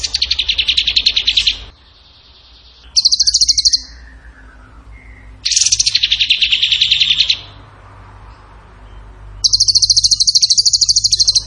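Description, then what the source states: Bird song: four bursts of rapid, high buzzy trilling, separated by short pauses, alternating between lower and higher-pitched trills. Masteran training recording; tembakan gacor song style.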